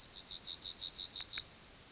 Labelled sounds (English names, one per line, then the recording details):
Yellowhammer song
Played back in grassland
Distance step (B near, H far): B
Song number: 166